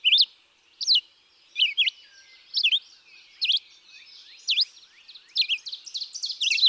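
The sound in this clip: Red-eyed vireo singing short, sharply slurred whistled phrases about once a second, becoming busier toward the end.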